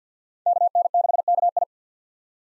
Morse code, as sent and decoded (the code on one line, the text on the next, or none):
-.- -. -.... -.- ..
KN6KI